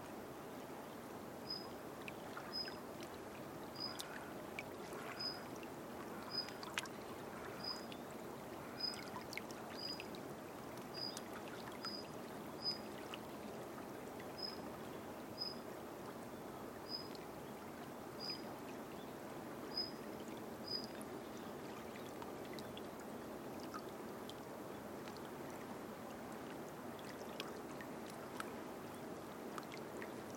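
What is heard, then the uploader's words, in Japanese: The Tama River flows in a steady, even rush of water, with a thin high chirp repeating about every second through the first twenty seconds. 朝陽色に染まる雲といっしょに、ゆったり流れる多摩川のひとときをどうぞ。言葉なし・メロディなしの100%自然音です。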